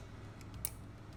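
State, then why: Seated. After an earlier failed try, a small retaining part is worked into a YFZ450 engine assembly and finally seats with a sharp click at 0.7 s. Two fainter ticks come at about 0.4 s and 0.6 s over a steady low background hum.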